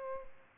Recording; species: mosquito wingbeat signal from an infrared sensor; Culex pipiens